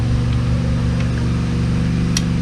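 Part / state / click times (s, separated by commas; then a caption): frame slider bolt into motorcycle frame / torque reached / 2.2 s. A torque wrench tightens a Ducabike frame slider bolt into the frame of a Ducati Supersport S motorcycle, with a steady low hum underneath. The wrench gives a sharp click at its setting at 2.2 s. That is the third click, and the job is done.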